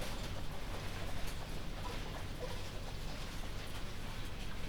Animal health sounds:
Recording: poultry house recording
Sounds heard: healthy chickens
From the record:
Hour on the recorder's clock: 21

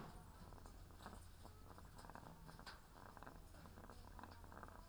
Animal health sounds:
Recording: poultry house recording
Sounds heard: sick chickens (respiratory disease)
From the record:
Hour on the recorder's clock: 17

